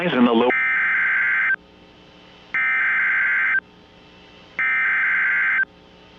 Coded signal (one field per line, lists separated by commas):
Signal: Emergency Alert System (SAME) tones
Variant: header bursts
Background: speech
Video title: NOAA Weather Radio - Special Marine Warning - December 2nd, 2023 (EAS# 7)